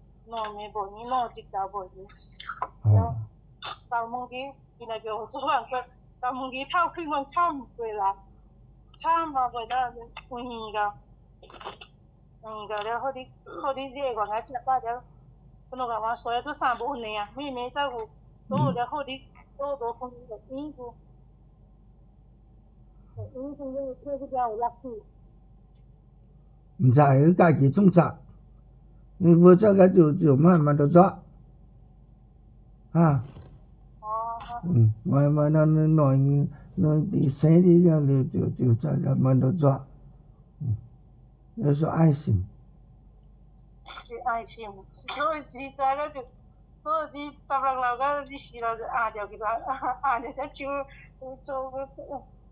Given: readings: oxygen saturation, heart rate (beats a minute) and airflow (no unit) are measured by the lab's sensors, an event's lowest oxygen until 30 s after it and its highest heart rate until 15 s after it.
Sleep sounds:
a person awake in a sleep study, by a smartphone at the bedside; none
0.00-52.52 s: awake
From the record:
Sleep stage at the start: awake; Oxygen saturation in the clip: 93 to 95%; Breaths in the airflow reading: 13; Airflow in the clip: -5.6 to 6.0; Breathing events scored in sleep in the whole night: 270 in 6.1 hours asleep

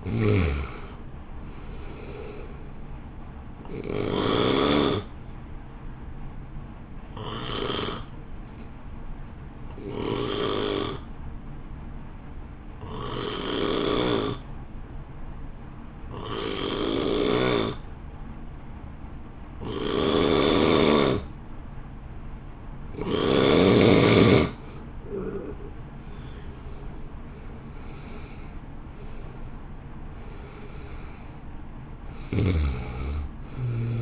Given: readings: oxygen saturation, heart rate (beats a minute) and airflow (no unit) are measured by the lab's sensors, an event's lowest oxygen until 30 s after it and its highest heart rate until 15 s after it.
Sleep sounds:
breathing in sleep by a smartphone at the bedside; 1
4.00-24.70 s: hypopnea (N2, oxygen 91% highest, then 79% lowest, heart rate 63 at the start, 63 highest)
19.00-34.02 s: new sleep stage, N1 (lightest sleep)
From the record:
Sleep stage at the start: N2 (light sleep); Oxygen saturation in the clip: 79 to 91%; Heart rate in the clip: 51 to 64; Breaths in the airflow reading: 11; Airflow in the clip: -2.7 to 2.7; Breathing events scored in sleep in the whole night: 328 in 6.3 hours asleep

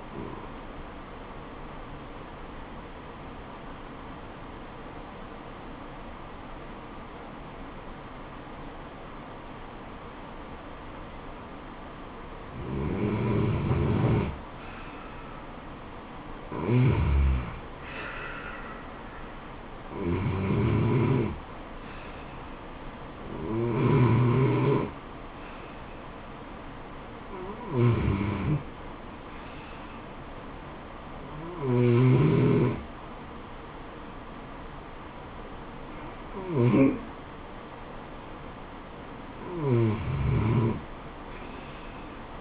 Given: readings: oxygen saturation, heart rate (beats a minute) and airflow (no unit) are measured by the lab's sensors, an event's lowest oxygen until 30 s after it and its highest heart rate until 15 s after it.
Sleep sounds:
breathing in sleep by a voice recorder at the bedside; 1
4.00-15.30 s: obstructive apnea (N1, oxygen 96% highest, then 91% lowest, heart rate 75 at the start, 80 highest)
41.00-42.41 s: new sleep stage, REM sleep
From the record:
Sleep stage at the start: N1 (lightest sleep); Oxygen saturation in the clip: 91 to 97%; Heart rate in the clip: 72 to 80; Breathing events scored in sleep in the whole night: 426 in 7.4 hours asleep

